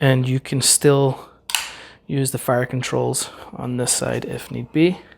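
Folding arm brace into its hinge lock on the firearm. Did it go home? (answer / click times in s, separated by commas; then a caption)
no / none. Someone talks while handling a folding arm brace on a firearm, with a brief sharp handling noise around 1.5 s between the speech. The brace has not yet locked into its hinge lock; nothing has seated or clicked yet.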